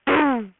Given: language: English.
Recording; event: throat vibration sensor signal played as sound; throat clearing